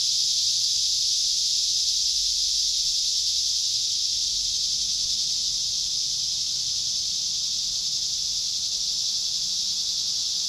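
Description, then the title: Cicadas droning in an unbroken high-pitched hiss, the chorus easing very slightly in volume toward the end. Cicadas calling at Trinity. "neoscenes: cicadas at Trinity"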